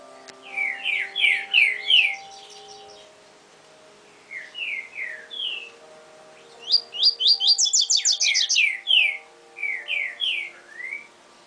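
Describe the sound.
Double-collared seedeater song of quick chirpy slurs and brief trills, a pause, a few slurred notes, then a fast high trill followed by downslurred whistles, over a soft continuous hum.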